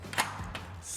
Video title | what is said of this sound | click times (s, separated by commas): Introducing The Little Giant Conquest All Terrain Multi Purpose | Squeeze those in with the palm of your hand or your fingertips. Now they're unlocked | 0.1 s, 0.6 s